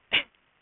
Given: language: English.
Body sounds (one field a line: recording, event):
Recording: throat vibration sensor signal played as sound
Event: cough